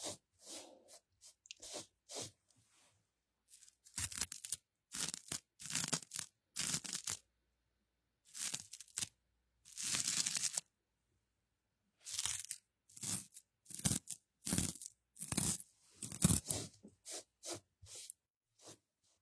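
Hair being cut, with crisp scissor snips in irregular bursts, each a short bright rasp, separated by quiet pauses throughout.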